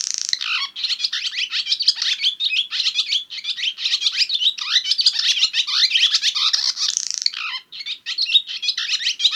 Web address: Barn Swallow. iconic birds in your winnipeg neighbourhood